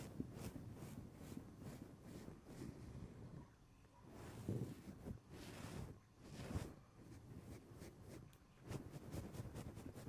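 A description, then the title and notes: A shirt is pulled off over the head in a run of soft fabric rustles and brushing swishes. The scraping is dense and uneven, with short bright flicks throughout and louder, fuller sweeps near four and a half and six and a half seconds. Pulling a shirt off over your head.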